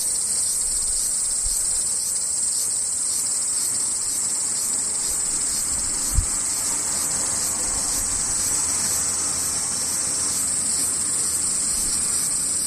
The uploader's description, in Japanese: セミ